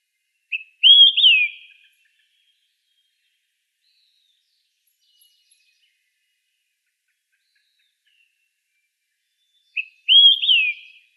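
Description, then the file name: Two clear olive-sided flycatcher songs, each a quick short note and then an emphatic rising and descending whistled slur, separated by about eight seconds of near silence. Recorded on 19 June 2004. "OSFL 1 deviche"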